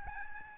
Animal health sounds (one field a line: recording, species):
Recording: mosquito wingbeat signal from an infrared sensor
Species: Aedes albopictus